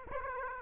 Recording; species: mosquito wingbeat signal from an infrared sensor; Aedes aegypti